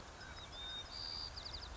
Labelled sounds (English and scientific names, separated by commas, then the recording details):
White-crowned Sparrow (Zonotrichia leucophrys)
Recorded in Sonoma County, California